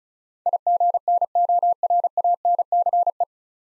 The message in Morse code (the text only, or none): IGNORANCE